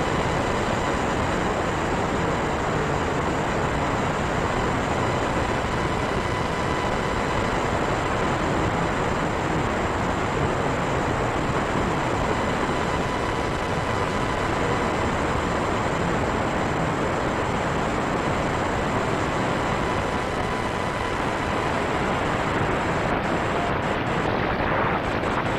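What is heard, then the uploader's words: Dense, unbroken radio interference hisses and crackles at a steady level throughout, with faint thin tones running beneath and brief high clicks near the end. This episode of the White Noise Podcast is RADIO INTERFERENCE.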